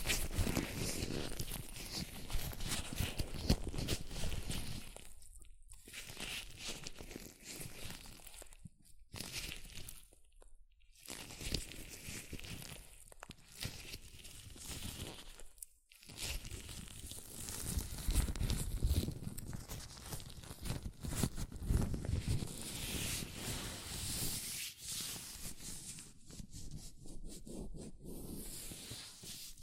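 Latex gloves rub, stretch and crinkle against each other. The handling is busy and uneven, with rustling bursts broken by short silences near 5, 9, 11 and 16 seconds, and snappier crunches later.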